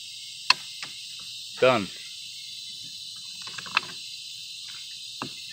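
After a sticky car seat belt buckle was treated with penetrating oil (PB Blaster or WD-40), its metal tongue is pushed into the buckle and latches with a sharp click at 0.5 s. Fainter clicks follow at 0.8, 3.8 and 5.2 s, someone talks briefly, and a steady high-pitched hiss runs throughout. The buckle seats and latches properly.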